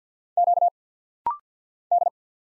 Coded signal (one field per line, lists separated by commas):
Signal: Morse code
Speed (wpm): 48 wpm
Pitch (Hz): 700 Hz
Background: none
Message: Q D